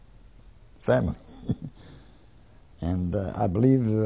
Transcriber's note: he laughs